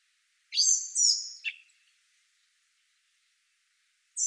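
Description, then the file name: Common blackbird calls: two harsh, high notes close together and a shorter falling note, then silence until another high note starts at the end. "Turdus merula"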